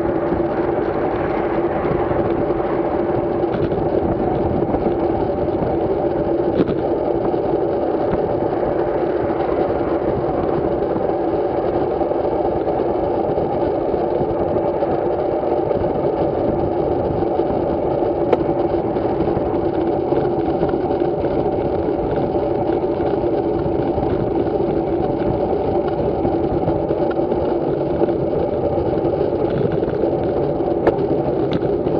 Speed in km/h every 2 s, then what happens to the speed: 40, 40, 42, 43, 41, 40, 39, 39, 38, 39, 42, 42, 38, 36, 33, 30.
0-22 steady at about 40. 22-32 slows to 30.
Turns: none.